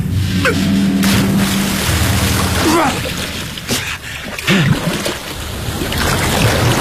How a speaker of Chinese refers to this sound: 快点听听，距离这里有多远？有海的波浪声。